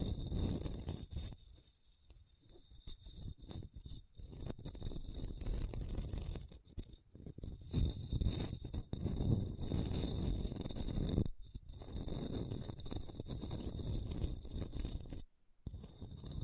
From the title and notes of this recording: ASMR Hard and Bumpy Surface Scratching (No Talking).